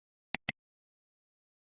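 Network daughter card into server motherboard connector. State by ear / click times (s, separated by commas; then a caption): seated / 0.3 s, 0.5 s. A network daughter card is lined up with its slot on a Dell PowerEdge R940xa server motherboard connector and pressed down at its two blue touch points. Two sharp, loud clicks sound at 0.3 s and 0.5 s, with silence before and after. The card seats securely in the slot.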